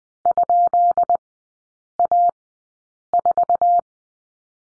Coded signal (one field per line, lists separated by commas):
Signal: Morse code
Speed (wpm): 20 wpm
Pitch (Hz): 700 Hz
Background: none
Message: ?A4